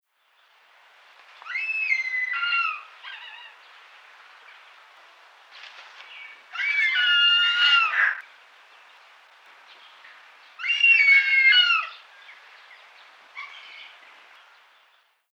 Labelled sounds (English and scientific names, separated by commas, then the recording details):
Short-toed Snake Eagle (Circaetus gallicus)
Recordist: Tembrock, Günter
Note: Rufe